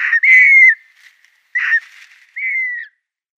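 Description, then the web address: Great bustard young giving a few whistled notes, the longest early on, with short pauses between them. Young bird. "Schulze Peter Great Bustard young"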